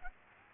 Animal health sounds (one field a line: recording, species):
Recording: mosquito wingbeat signal from an infrared sensor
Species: Aedes aegypti